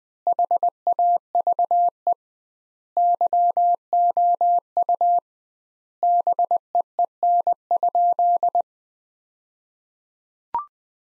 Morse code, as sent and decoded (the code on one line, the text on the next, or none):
.... .- ...- . / -.-- --- ..- / -... . . -. ..--..
HAVE YOU BEEN?